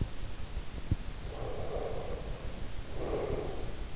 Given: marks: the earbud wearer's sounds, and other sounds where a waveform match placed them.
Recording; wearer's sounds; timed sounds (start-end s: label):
sounds in sleep by an in-ear microphone; breath
1.13-3.90 s: breath